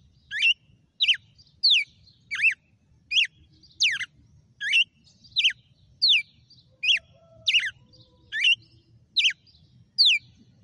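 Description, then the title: Red-cowled cardinal song: sharp descending whistled notes, each sweeping down from high pitch, repeated steadily about every 0.7 seconds with a faint low rumble underneath. Female bird. "Canto Galo Campina Fêmea. GALO DE CAMPINA FENRIR"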